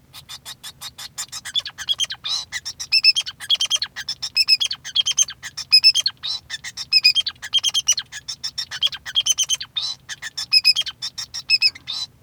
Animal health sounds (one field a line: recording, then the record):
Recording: song of a male Bengalese finch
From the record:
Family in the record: son of father 2